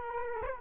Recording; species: mosquito wingbeat signal from an infrared sensor; Culex quinquefasciatus